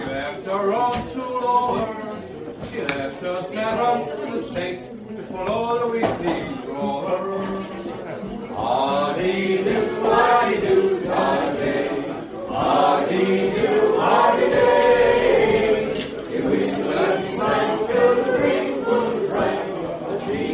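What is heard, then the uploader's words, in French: A lively bar ambience dominated by many overlapping voices talking at once, some clear, others blending into a steady murmur. The crowd noise stays dense and fairly even throughout, swelling slightly around the middle, with occasional sharp clinks and knocks scattered through. Une chouette ambiance dans ce bar.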